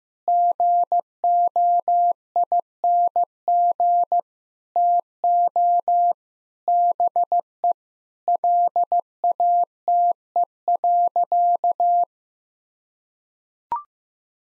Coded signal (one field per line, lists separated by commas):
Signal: Morse code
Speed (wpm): 15 wpm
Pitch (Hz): 700 Hz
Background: none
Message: GOING TO BE LATE.